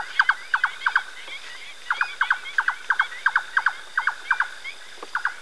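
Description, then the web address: Bird song of short clipped descending notes in quick pairs, repeated steadily with a few brief gaps and faint high chirps behind. Spain. "ianr Birding Spain Songs"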